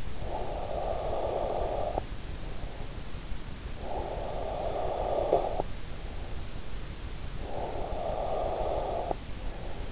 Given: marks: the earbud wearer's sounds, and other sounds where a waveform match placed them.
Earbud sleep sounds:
sounds in sleep by an in-ear microphone; breath, snoring breath
0.00-2.31 s: breath
3.67-6.15 s: snoring breath
7.28-9.56 s: breath

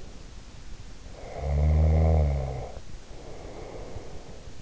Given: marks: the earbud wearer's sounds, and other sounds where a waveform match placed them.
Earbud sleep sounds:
sounds in sleep by an in-ear microphone; snoring breath
1.07-4.56 s: snoring breath

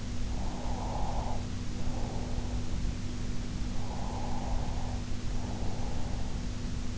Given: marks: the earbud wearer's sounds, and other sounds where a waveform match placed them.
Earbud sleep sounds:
sounds in sleep by an in-ear microphone; breath
0.35-2.66 s: breath
3.85-6.53 s: breath

